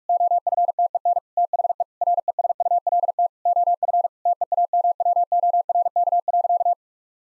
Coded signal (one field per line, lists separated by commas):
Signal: Morse code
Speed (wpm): 46 wpm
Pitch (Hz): 700 Hz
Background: none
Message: OFTEN THE RESULT OF TEAMWORK.